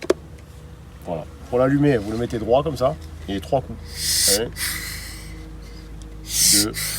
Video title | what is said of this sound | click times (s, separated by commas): TEST APISOLIS et 1er greffage 🐝 | deux petites bornes ici, donc ça s'enclenche, pas plus dur que ça. | 0.0 s, 0.1 s